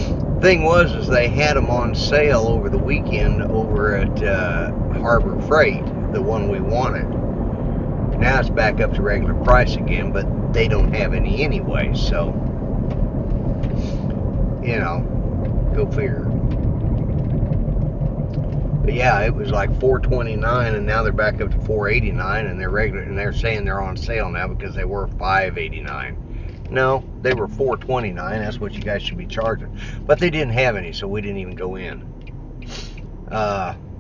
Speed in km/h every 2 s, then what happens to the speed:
61, 61, 61, 58, 56, 52, 48, 44, 39, 31, 21, 11, 5, 0, 0, 0, 0.
0-7 steady at about 61. 7-25 slows to 0. 25-34 standing.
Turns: none.